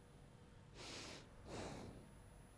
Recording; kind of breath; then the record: one breath in and out by a microphone near the nose and mouth; normal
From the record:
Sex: male